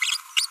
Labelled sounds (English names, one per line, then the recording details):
Green-rumped Parrotlet babbling
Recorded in a nest box in Venezuela
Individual 18B25A3